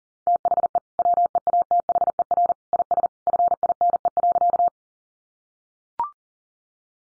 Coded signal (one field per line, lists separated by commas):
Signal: Morse code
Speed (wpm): 40 wpm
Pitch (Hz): 700 Hz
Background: none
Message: THE WEATHER IS FINE.